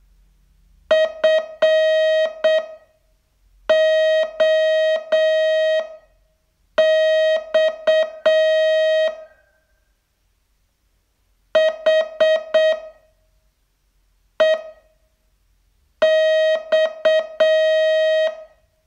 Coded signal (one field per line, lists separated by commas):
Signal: Morse code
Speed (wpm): 8 wpm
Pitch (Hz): 630 Hz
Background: none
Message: FOX HEX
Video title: Learn Morse in 42 Days from VU2LAU - day 28 test